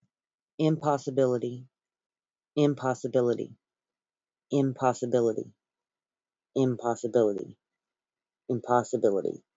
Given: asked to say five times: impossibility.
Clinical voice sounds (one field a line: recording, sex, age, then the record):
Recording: repeated word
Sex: female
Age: 30 to 39 years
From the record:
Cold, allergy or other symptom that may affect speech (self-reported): no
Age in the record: 32 years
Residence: United States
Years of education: 16